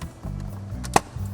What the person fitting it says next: There you go. Clicked into place.